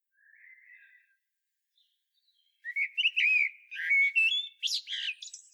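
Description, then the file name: Common blackbird song opening with a quiet warble, then a louder run of fluted notes mixed with shrill squeaky twitters. "Turdus merula"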